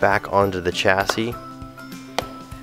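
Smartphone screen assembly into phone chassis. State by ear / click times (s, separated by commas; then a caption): seated / 2.2 s. Someone talks over background music as an iPhone 6 display assembly is pressed back onto its aluminium chassis. A sharp snap sounds at 2.2 s as the screen clips into place, showing it is seated and connected.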